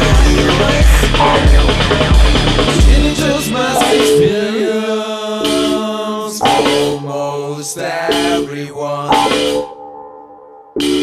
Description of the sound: Tinnitus Mask Experience.